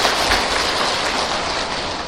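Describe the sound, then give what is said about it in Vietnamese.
A Buddhist audience applauds to congratulate a woman, in a steady, dense wash of clapping that holds at an even, fairly loud level throughout, with no voices over it. “Vậy ngay giờ đây, xin đại chúng cho cô một tràng pháo tay để chúc mừng việc làm này.”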